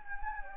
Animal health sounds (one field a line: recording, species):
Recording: mosquito wingbeat signal from an infrared sensor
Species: Anopheles gambiae